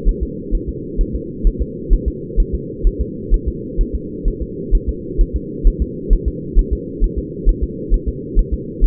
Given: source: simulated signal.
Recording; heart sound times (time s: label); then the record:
fetal heart sounds
0.09 s: S1
0.23 s: S2
0.55 s: S1
0.69 s: S2
1.01 s: S1
1.15 s: S2
1.47 s: S1
1.62 s: S2
1.94 s: S1
2.08 s: S2
2.40 s: S1
2.55 s: S2
2.87 s: S1
3.01 s: S2
3.34 s: S1
3.48 s: S2
3.81 s: S1
3.95 s: S2
4.28 s: S1
4.42 s: S2
4.75 s: S1
4.89 s: S2
5.21 s: S1
5.36 s: S2
5.67 s: S1
5.82 s: S2
6.13 s: S1
6.28 s: S2
6.59 s: S1
6.73 s: S2
7.04 s: S1
7.19 s: S2
7.49 s: S1
7.63 s: S2
7.94 s: S1
8.08 s: S2
8.39 s: S1
8.53 s: S2
8.84 s: S1
From the record:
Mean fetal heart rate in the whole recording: 130 bpm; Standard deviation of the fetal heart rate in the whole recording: 2 bpm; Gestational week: 38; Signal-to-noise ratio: -4.1 dB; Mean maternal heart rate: no maternal heart sound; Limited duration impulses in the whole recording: absent